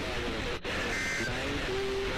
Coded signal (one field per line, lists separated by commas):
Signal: Emergency Alert System (SAME) tones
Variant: end-of-message bursts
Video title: [EAS #25] Texas Amber Alert for Nomember 23rd, 2016 (FM Source)